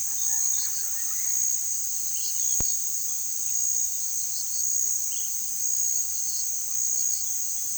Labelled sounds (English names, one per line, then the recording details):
Yellow-crowned Amazon
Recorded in pastures near Puerto Asís, Putumayo, Colombia, on 20 February 2024 at 18:00
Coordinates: 0.468, -76.328
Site G6414